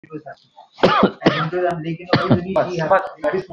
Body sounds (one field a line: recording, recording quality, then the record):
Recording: shallow voluntary cough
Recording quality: moderate, slight background noise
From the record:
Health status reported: respiratory illness, not identified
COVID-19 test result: negative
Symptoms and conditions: cough, chronic lung disease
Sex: male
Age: 48 years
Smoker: not ticked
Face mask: not worn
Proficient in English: yes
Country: India